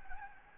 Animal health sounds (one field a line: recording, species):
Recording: mosquito wingbeat signal from an infrared sensor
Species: Anopheles gambiae